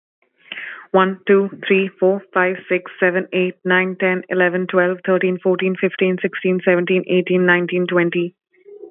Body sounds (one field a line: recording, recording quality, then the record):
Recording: counting at a fast pace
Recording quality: excellent, no background noise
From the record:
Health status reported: COVID-19 positive, no symptoms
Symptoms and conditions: sore throat, fatigue, muscle pain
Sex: female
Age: 24 years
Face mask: not worn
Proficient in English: yes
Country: India